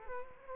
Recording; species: mosquito wingbeat signal from an infrared sensor; Culex quinquefasciatus